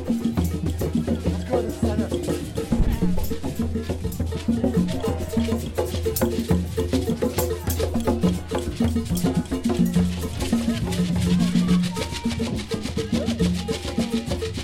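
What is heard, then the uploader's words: A dense drum circle pounds steadily with fast, regular hits and rattling percussion throughout, while crowd chatter and brief voices mingle underneath. Walk around a large drum circle in San Francisco, California at the annual Day of the Dead festival, also known as Dia de los Muertos, at night. Recorded using cross-cutting stereo microphones for enhanced stereophonic effect. You can hear different instruments accented, and even the crowd and conversations. Walking around a drum circle.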